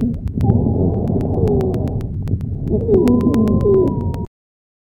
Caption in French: Sibilant est un bruit continu musical dont la fréquence fondamentale est supérieure à 400 Hz. Il s'agit ici d'un sibilant polyphonique, entendu à l'inspiration et à l'expiration.